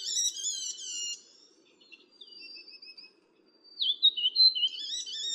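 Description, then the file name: Morrison's fulvetta: quavering high whistles, soft drawn-out notes, then a lively phrase of rising and falling whistles. Recorded at Yushan. "繡眼畫眉"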